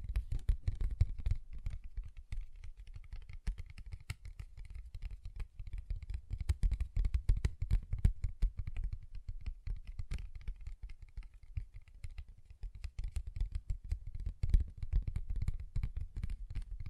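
Fingers tap and scratch on a paper bag in a quick, uneven patter of small dry clicks that runs the full length without a break. The hits come densely, each a soft, low thump with a crisp papery tick, swelling briefly around eight and fourteen seconds.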